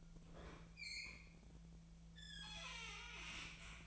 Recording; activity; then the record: daily activity, microphone in the room; open fridge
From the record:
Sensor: 1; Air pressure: 1009.7 hPa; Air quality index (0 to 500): 193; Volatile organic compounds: 19 ppm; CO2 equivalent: 2650 ppm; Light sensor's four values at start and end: 30/77/32/38 and 30/76/31/38